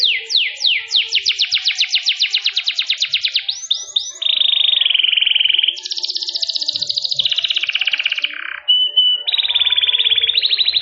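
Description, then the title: Canary song: quick descending sweeps, then a series of rapid rattling trills at changing pitches with a short pure whistle between them. Kenari mewah in cengkok style, a long-duration song with a special pleasing style. "Cengkok Kenari Mewah. Kenari mewah durasi panjang. Cengkok enak gaya istimewa"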